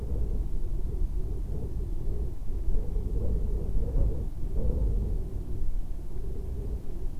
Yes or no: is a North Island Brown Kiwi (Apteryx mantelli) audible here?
no